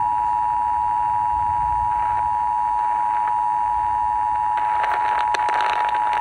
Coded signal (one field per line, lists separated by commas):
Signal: Emergency Alert System (SAME) tones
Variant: 853 and 960 Hz attention tone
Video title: Severe Thunderstorm warning | AM Radio | EAS# 50